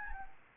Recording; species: mosquito wingbeat signal from an infrared sensor; Anopheles gambiae